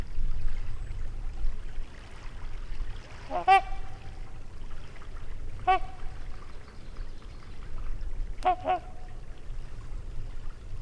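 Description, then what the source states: Trumpeter swan trumpeting: two single nasal honks, then a fast double call near the end, with a continuous low rumble underneath. Trumpet calls recorded near a lake in Wisconsin, 2019.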